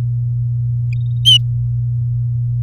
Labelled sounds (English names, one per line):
Domestic Canary song